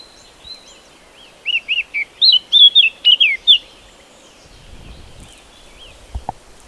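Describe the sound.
Eurasian blackcap song: a rapid scratchy warble of quick high notes lasting about two seconds, followed by faint background notes and a soft knock near the end.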